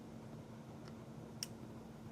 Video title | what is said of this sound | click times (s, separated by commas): The Shop: Meet Jarek and Watch Us Tune His EDC Glock | there's a little click there. Then you know that this has seated in that ring. | 1.4 s